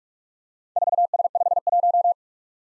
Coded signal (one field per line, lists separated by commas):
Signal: Morse code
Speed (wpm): 46 wpm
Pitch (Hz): 700 Hz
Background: none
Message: 4S51